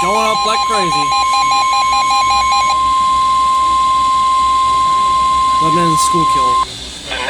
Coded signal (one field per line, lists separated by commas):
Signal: Emergency Alert System (SAME) tones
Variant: 1050 Hz attention tone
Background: speech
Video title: Here we go again. (EAS#349-353)